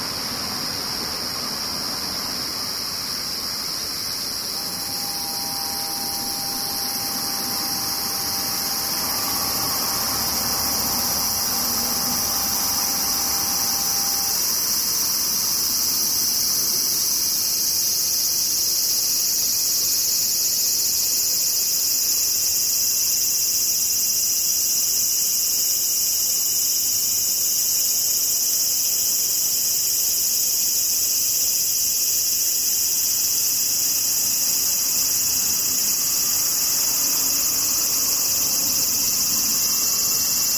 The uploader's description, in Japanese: セミ